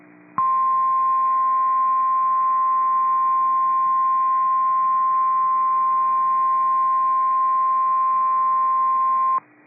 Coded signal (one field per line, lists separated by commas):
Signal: Emergency Alert System (SAME) tones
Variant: 1050 Hz attention tone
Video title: Severe Thunderstorm Warning (WI) (8/16/25) [EAS #284]